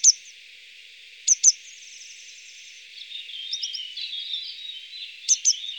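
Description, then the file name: Grey wagtail uttering crisp high double calls, with softer twittering notes in between and a continuous hissing background. "Gebirgsstelze"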